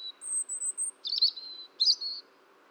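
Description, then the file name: European robin singing: a long thin high whistle, then two squeaky, warbled bursts of high notes over a soft, steady background hiss. "Erithacus rubecula"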